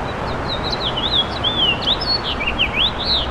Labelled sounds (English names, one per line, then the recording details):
House Finch song
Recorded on Long Island, New York, on 7 June 2012
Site SU
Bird B